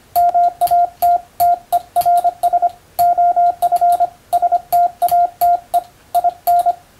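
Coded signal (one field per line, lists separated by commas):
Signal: Morse code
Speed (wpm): 25 wpm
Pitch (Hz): 700 Hz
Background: radio noise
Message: MATTERS OF STATE IN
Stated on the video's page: Morse receiving practice at 125 characters per minute for the first-class radiotelegraph operator exam.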